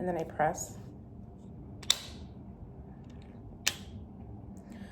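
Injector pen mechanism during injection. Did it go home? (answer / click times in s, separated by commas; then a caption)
yes / 1.9 s, 3.7 s. Someone briefly talks as a GLP-1 injector pen is pressed against the skin and held during an injection. Its mechanism gives two sharp snaps, at 1.9 s and 3.7 s, over quiet background. This double snap means the full dose was delivered and all of the medicine went in.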